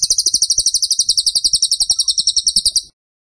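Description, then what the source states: Bird song made of rapid, high-pitched chirps repeated at a steady pace, running nearly three seconds before stopping abruptly. Masteran (training) recording of a bird singing actively (gacor) with tembakan phrases.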